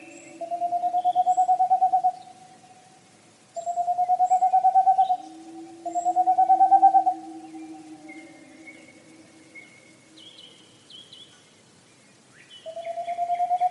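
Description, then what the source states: Tengmalm's owl song: rapid trains of soft, hollow hoots in short bursts, repeated several times with pauses, with faint other bird notes between. Sings very early in the year; nests in tree cavities.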